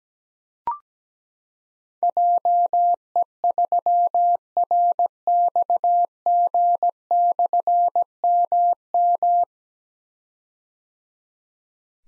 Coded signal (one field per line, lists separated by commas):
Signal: Morse code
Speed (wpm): 17 wpm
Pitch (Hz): 700 Hz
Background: none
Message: JE3RXG/MM